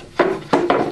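A wooden piece is pressed into a half-inch groove cut in a board with two router passes. Three wood-on-wood knocks sound at 0.2, 0.5 and 0.7 seconds as it snaps into place. The piece sits nice and snug.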